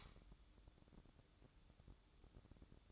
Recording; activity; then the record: daily activity, microphone in the room; light on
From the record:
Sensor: 3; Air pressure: 1007.9 hPa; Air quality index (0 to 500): 108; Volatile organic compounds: 1 ppm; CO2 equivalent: 905 ppm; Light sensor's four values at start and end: 10/23/9/9 and 16/43/19/17